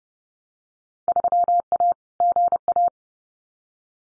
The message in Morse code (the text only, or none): 3A GA